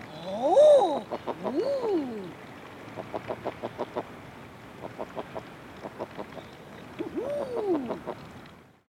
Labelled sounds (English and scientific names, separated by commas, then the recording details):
Common Eider (Somateria mollissima)
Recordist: Tembrock, Günter